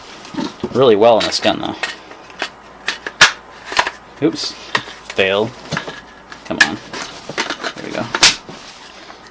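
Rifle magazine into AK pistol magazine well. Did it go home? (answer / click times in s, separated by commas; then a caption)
yes / 6.6 s. An inexpensive surplus rifle magazine is rocked into the magazine well of a Yugo M92 AK-pattern pistol while someone talks, with a series of sharp metallic knocks and clacks as it is worked in. After some effort it seats with a loud metallic snap at 6.6 s, snapping into place and fitting just fine.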